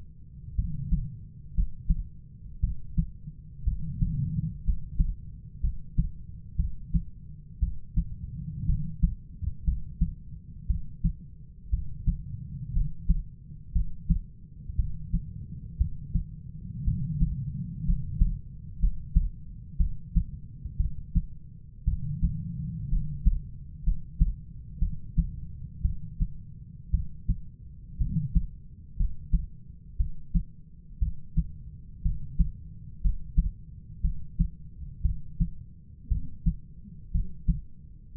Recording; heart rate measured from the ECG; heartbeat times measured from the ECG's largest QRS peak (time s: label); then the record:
heart sounds by stethoscope; 59 bpm
0.55 s: heartbeat
1.54 s: heartbeat
2.60 s: heartbeat
3.64 s: heartbeat
4.64 s: heartbeat
5.61 s: heartbeat
6.56 s: heartbeat
7.59 s: heartbeat
8.66 s: heartbeat
9.64 s: heartbeat
10.67 s: heartbeat
11.70 s: heartbeat
12.73 s: heartbeat
13.72 s: heartbeat
14.76 s: heartbeat
15.77 s: heartbeat
16.84 s: heartbeat
17.84 s: heartbeat
18.79 s: heartbeat
19.77 s: heartbeat
20.77 s: heartbeat
21.84 s: heartbeat
22.89 s: heartbeat
23.83 s: heartbeat
24.79 s: heartbeat
25.82 s: heartbeat
26.91 s: heartbeat
27.97 s: heartbeat
28.96 s: heartbeat
29.97 s: heartbeat
30.99 s: heartbeat
32.02 s: heartbeat
33.01 s: heartbeat
34.01 s: heartbeat
35.02 s: heartbeat
36.08 s: heartbeat
37.11 s: heartbeat
38.13 s: heartbeat
From the record:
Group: healthy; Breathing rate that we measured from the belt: 12 breaths a minute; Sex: female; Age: 37 years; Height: 168 cm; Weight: 70 kg